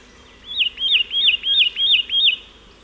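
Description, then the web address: Satin flycatcher giving six clear, hooked whistles in an even series, each note rising then dropping, about three per second. "Audio Myiagra Cyanoleuca"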